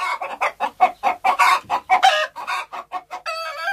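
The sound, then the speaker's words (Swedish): Three frightened hens peeking out from behind a tree give a rapid run of short, bright clucks, fairly loud and steady in rhythm, ending in a longer, harsher squawk. No one speaks. “Tre hönor kikade förskräckta fram bakom ett träd.”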